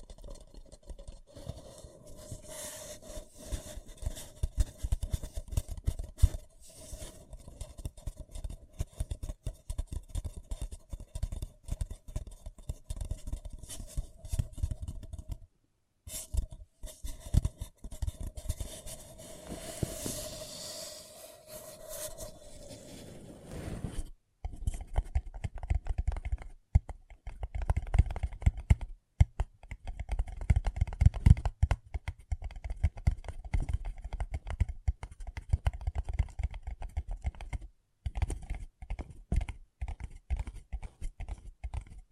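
Paper cup tingles: quick, dense crinkling and tapping on a paper cup, a steady patter of small clicks and scratches. Around 16 to 24 seconds a smoother rubbing swish takes over, then the rapid tapping returns with brief pauses near 15, 24 and 38 seconds.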